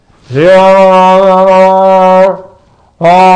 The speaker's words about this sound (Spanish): Tú no entiendes bien, porque si la bocina no es muy nítida, pero se oyen esos llamados a la oración, y la gente oye en sus casas y dicen, llegó la hora.